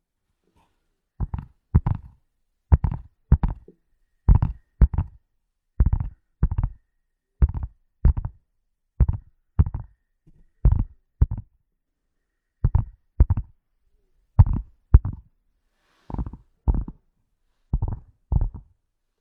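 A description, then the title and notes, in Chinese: Knocking in steady double taps, two quick dull thuds roughly every one and a half seconds, with brief pauses and silence between pairs. 舒缓解压的敲击音。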